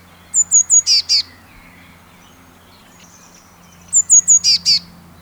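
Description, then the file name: Eurasian blue tit calling twice, each burst three high thin notes then two rough buzzy notes, with a quiet pause between phrases and steady low hum. "Cyanistes caeruleus"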